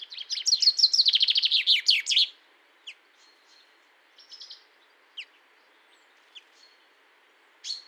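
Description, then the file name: Common chaffinch song: a bright trill falling in pitch, closing with a quick flourish, then several scattered short chips and thin notes in quiet surroundings. "Fringilla coelebs"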